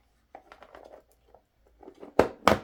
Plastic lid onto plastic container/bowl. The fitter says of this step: hear the click?